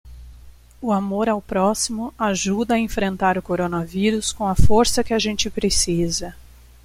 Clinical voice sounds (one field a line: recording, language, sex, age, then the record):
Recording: spoken sentence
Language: Brazilian Portuguese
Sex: female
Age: 40 to 49 years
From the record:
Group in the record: control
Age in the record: 42 years